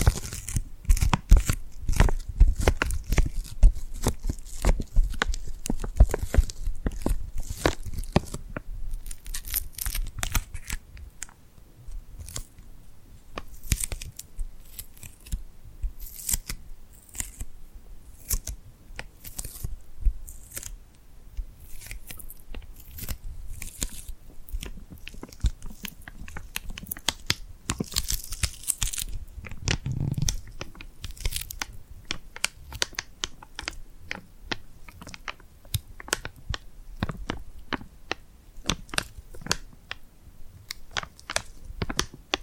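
Tingly glued hand sounds: dense, rapid sticky crackles and peels from hands pulling apart, crisp and bright. The first eight seconds are busiest and fullest, then the clicks thin slightly and come in uneven bursts, with a louder crunchy flurry around twenty-eight to thirty seconds.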